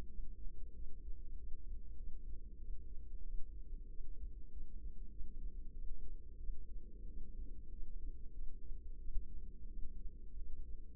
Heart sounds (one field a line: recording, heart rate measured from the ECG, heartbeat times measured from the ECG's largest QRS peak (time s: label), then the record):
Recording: heart sounds by microphone in the left ear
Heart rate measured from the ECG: 93 bpm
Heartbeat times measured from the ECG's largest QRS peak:
0.09 s: heartbeat
0.75 s: heartbeat
1.37 s: heartbeat
1.97 s: heartbeat
2.59 s: heartbeat
3.24 s: heartbeat
3.89 s: heartbeat
4.51 s: heartbeat
5.10 s: heartbeat
5.73 s: heartbeat
6.39 s: heartbeat
7.07 s: heartbeat
7.71 s: heartbeat
8.32 s: heartbeat
8.99 s: heartbeat
9.68 s: heartbeat
10.36 s: heartbeat
From the record:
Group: healthy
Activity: rest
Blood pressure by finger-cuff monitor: 128/64 mmHg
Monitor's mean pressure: 87 mmHg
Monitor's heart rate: 92 bpm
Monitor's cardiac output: 9.5 L/min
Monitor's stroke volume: 101 mL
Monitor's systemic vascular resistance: 670 dyn s/cm5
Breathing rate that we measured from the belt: 19 breaths a minute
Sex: female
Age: 24 years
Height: 163 cm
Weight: 55.7 kg